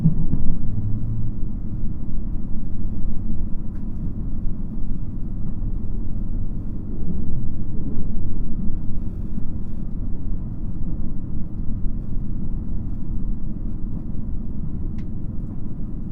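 Running sound of a JR Shikoku 2700 series diesel railcar: a steady, dense low rumble with a droning engine tone that rises and falls slightly, peaking around eight seconds. Nothing reaches the high range except a faint click near fifteen seconds.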